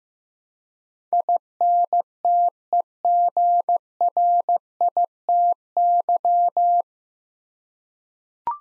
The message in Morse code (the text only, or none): INTEGRITY